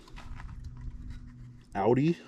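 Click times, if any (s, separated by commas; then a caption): none. A butane canister is turned so the notch on its lid lines up with the fitting of a portable camping stove, before the canister is pushed in. Soft handling taps and rustles are heard under someone talking, with a louder burst of voice near the end. Nothing has seated or clicked yet.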